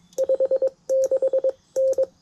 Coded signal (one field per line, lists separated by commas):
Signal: Morse code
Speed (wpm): 22 wpm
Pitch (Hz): 530 Hz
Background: none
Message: 56 N